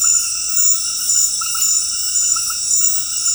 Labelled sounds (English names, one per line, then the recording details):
none
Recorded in dense forest near Puerto Asís, Putumayo, Colombia, on 21 February 2024 at 21:30
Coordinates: 0.484, -76.317
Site G6464